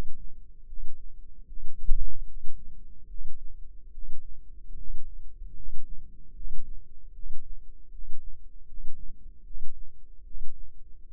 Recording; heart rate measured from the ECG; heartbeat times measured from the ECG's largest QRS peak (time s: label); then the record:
heart sounds by microphone in the left ear; 75 bpm
0.64 s: heartbeat
1.44 s: heartbeat
2.23 s: heartbeat
3.05 s: heartbeat
3.89 s: heartbeat
4.73 s: heartbeat
5.52 s: heartbeat
6.31 s: heartbeat
7.10 s: heartbeat
7.88 s: heartbeat
8.64 s: heartbeat
9.42 s: heartbeat
10.22 s: heartbeat
11.03 s: heartbeat
From the record:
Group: healthy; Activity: rest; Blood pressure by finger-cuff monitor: 105/61 mmHg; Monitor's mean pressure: 75 mmHg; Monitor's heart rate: 76 bpm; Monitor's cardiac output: 7.3 L/min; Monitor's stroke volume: 98 mL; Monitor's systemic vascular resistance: 730 dyn s/cm5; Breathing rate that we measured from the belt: 20 breaths a minute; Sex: male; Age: 35 years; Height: 180 cm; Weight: 86.9 kg